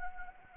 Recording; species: mosquito wingbeat signal from an infrared sensor; Anopheles arabiensis